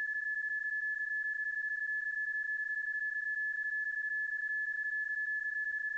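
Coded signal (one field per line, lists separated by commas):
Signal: PSK31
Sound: a single steady warbling tone with faint rapid flutter, unbroken for six seconds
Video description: There is no point in trying to resolve or decode the PSK31 tones heard in the video during the PSK31 QSO, these are not the tones associated with the actual QSO, rather they are a sound effect that has been stretched and looped to fit the video footage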